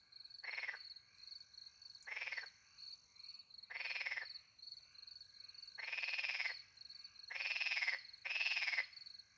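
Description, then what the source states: Frog croaking, rattling pulsed croaks at irregular spacing, the later ones coming faster, with a high cricket chorus throughout. Frogs with crickets at night in countryside beside a little pond, France; microphones hidden in a tree close to the pond; two Usi Pro microphones into a MixPre 10 II recorder.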